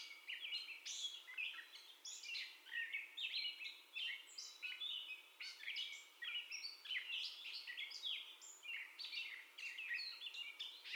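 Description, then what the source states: Gray catbird song, a continuous jumble of mixed chips, mews and high squeaks, each phrase changing pitch and tone, sung without stopping. First song, recorded 30 May 2021.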